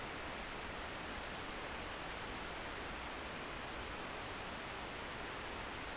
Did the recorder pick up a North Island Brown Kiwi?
no